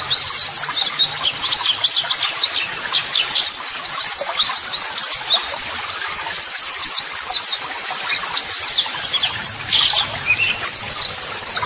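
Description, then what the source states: Dense white-eye twittering, quick high chirps and short trills crowding together without a break, lively throughout. White-eye singing vigorously ('gacor'), used as a model song (masteran) for training.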